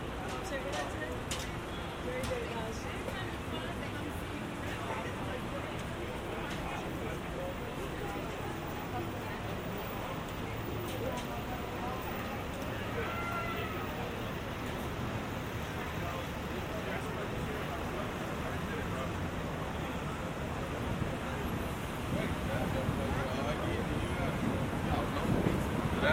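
A walk from Grand Central to Times Square: steady crowd chatter and traffic rumble throughout, with a brief whistle-like tone near thirteen seconds.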